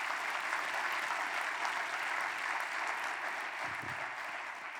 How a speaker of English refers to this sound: Can we clap for Joseph right now, church?